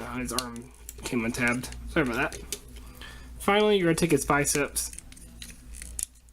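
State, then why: Not seated. Someone talks while handling the plastic bicep of a Transformers The Last Knight Premier Edition Voyager Class Optimus Prime action figure, with the arm joint being rotated toward the shoulder. Small sharp plastic ticks and taps are heard, the loudest sharp hit ending the stretch. Nothing has seated or clicked into place yet.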